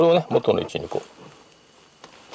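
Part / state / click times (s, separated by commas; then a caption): steering wheel electrical connector into its mating socket / seated / 2.0 s. During a steering wheel swap on an ACR30-series Toyota Estima, the steering wheel's electrical connector, likely the airbag or horn plug, is pushed into its mating socket. Someone talks for the first second, then after a quiet stretch a short, sharp click is heard at 2.0 s. The connector is seated.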